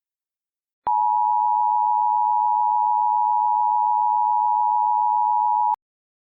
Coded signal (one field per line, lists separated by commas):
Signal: Emergency Alert System (SAME) tones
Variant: 853 and 960 Hz attention tone